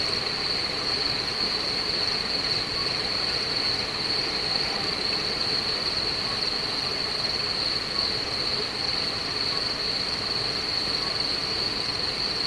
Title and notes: Grillons et crapauds. Un soir en Beaujolais, nuit tombée, des grillons s'en donnent à cœur joie, et en fond, si l'on tend l'oreille, des crapauds chanteurs. Les Buyats, Beaujeu 23.00